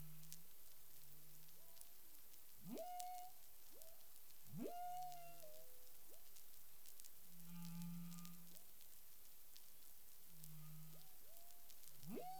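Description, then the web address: Humpback whale vocal units: sharp rising upsweeps ending in brief flat notes, interleaved with short low moans, over steady underwater hiss. Recorded 13 February 2021 around 10:17 UTC. "CARIMAM. humpback whale"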